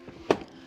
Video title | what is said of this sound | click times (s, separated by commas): How To Install The Graco® Turn2Me™ 3-in-1 Car Seat Rear-Facing using the Lower Anchor Attachment | You'll hear a click, which means that the seat is secured in position. | 0.3 s